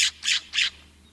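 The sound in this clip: California scrub jay calls: three harsh, raspy bursts in quick succession, each short and noisy, with a quiet pause after.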